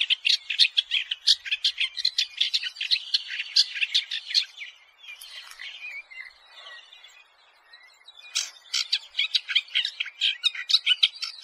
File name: maskedshrike